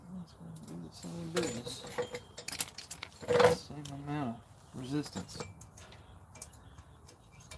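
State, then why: Not seated. Someone talks while handling a metal brake pad retaining clip against the caliper bracket of a 2009 Honda Odyssey during brake work, with short metallic clinks and taps. The clip has not yet clicked in or seated.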